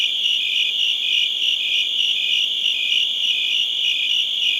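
Crickets produce a continuous series of high, rhythmic chirps with no gaps.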